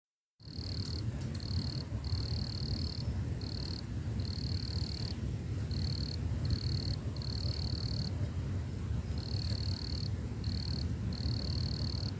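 Insect calling in high, thin, buzzy trills on one steady pitch, given in bursts broken by short gaps, over a heavy low rumble of background noise.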